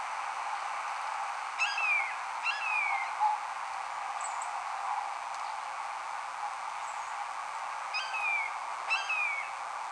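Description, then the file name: Blue jay imitating a hawk with down-slurred, raspy screams in two closely spaced pairs, separated by a quiet stretch, over a broad hissing background. Blue jay imitating the call of a red-shouldered hawk, recorded in March. "BLJA-immitating-RSHA-2-MAR"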